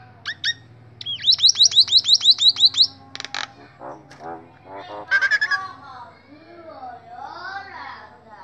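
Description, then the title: Nias hill myna song, a fast series of shrill notes, then scattered chips, a harsh burst and softer warbled whistles. Nias hill myna singing loudly and persistently (gacor), recorded as a model for training other songbirds (masteran). "Burung Jalak Nias Gacor Suara Super Gledek Untuk Masteran"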